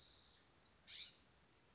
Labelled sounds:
California Scrub-Jay
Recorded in Sonoma County, California

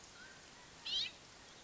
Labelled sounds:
Mountain Quail
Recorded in Sonoma County, California

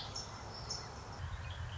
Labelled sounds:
Red-winged Blackbird
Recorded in Sonoma County, California

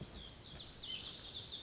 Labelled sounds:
Lazuli Bunting
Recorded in Sonoma County, California

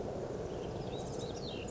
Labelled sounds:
Ash-throated Flycatcher
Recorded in Sonoma County, California

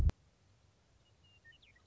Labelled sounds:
Western Meadowlark
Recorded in Sonoma County, California

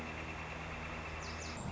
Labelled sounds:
Northern Flicker
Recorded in Sonoma County, California

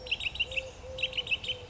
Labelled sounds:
Eurasian Collared Dove
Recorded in Sonoma County, California

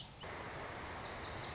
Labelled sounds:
Lazuli Bunting
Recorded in Sonoma County, California

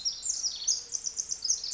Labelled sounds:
Pacific Wren
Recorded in Sonoma County, California

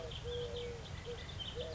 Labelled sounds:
Eurasian Collared Dove
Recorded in Sonoma County, California

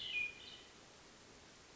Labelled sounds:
Hermit Thrush
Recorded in Sonoma County, California

